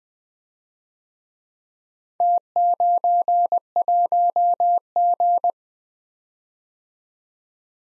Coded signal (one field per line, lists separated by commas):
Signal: Morse code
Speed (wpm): 21 wpm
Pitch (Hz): 700 Hz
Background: none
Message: T91G